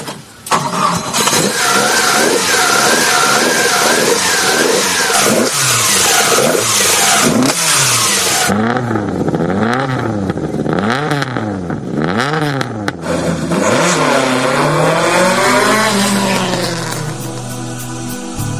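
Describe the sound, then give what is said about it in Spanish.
A car engine cranks and catches, then revs up and down in repeated rising and falling sweeps, loud and throaty, settling into a steady idle hum toward the end. “Arranco ya.”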